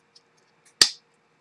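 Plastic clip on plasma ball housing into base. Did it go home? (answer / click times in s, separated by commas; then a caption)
yes / 0.8 s. A plastic snap clip on a plasma ball housing is pushed back into place in its base. A faint tick is heard at 0.2 seconds, then a single sharp, loud snap at 0.8 seconds with a short ringing decay. The clip seats home at that snap.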